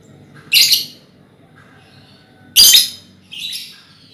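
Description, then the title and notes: Lovebird: three shrill, raspy chirps, the second loudest, separated by short silences. Lovebird ngekek song style, used as a lure song (kicau pancingan). "Master Kicau Lovebird ngekek, kicau pancingan"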